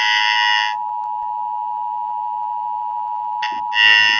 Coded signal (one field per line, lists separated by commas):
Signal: Emergency Alert System (SAME) tones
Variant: 853 and 960 Hz attention tone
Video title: Emergency alert system. Шкала. Стремянка.